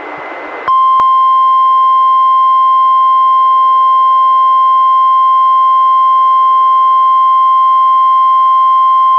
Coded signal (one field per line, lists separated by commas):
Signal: Emergency Alert System (SAME) tones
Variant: 1050 Hz attention tone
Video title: EAS #601: NWR Required Weekly Test- Feb. 2, 2022- 11:00AM PST